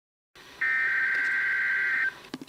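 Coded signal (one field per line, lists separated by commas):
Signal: Emergency Alert System (SAME) tones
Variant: header bursts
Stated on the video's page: NOAA Weather Radio EAS alert for a child abduction emergency.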